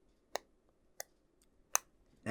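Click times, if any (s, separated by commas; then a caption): 1.8 s, 2.3 s. A clear plastic window glass is lined up with the lugs of a model car door window frame and pushed together. Sharp clicks sound around 0.4 s and 1.0 s, then the glass snaps into the frame with a loud click at 1.8 s and another at 2.3 s, fully seated.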